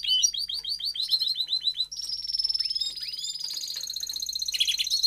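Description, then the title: Domestic canary song: a quick series of repeated downslurred chirps, then long high whistled trills and rolling phrases changing tempo throughout. Male canary singing a lot; recording for training, to warm up young and Belgian canaries in 30 minutes. "Canary Training Esquente Seu Filhote E Canario Belga Em 30 Minutos Macho Cantando Muito"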